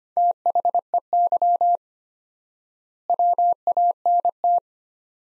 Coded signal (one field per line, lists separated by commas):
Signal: Morse code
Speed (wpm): 25 wpm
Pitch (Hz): 700 Hz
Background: none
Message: THEY WANT